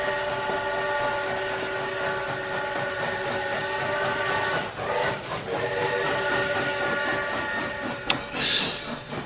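A train carriage rolls steadily along the rails, with a continuous rumble and sustained tonal whine, a brief dip midway, and a short hissing burst near the end.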